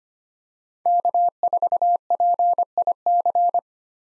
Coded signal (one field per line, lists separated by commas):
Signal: Morse code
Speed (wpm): 25 wpm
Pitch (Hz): 700 Hz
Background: none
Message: K4PIC